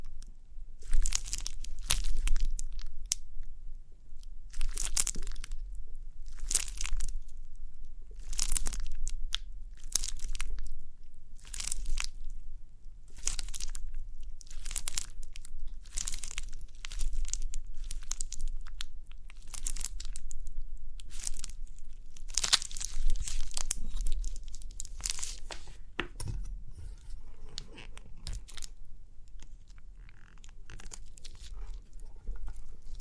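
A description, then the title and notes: Crinkly pimple popping: irregular bursts of sharp crackling and crunching come every second or two over a low steady rumble throughout. Crinkly Pimple Popping.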